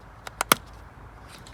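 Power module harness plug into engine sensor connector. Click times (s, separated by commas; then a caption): 0.4 s, 0.5 s. The blue plug of a power module harness is pushed by hand into its mating engine sensor connector on the engine wiring of a 2019 VW Polo GTI 2.0 GPF. A faint tick at 0.3 s is followed by two sharp clicks at 0.4 s and 0.5 s, then quiet background. The connector clicks in and locks, fully seated.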